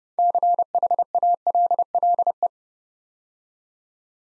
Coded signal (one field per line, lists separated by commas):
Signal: Morse code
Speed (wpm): 30 wpm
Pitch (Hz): 700 Hz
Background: none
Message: CHALLE